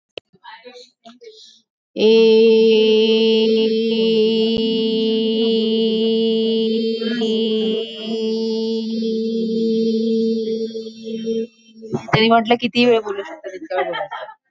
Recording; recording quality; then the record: sustained vowel as in made; moderate, slight background noise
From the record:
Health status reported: healthy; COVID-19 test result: negative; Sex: female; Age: 49 years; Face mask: not worn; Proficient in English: yes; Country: India